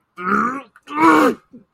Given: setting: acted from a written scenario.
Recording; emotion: vocal sound without words; anger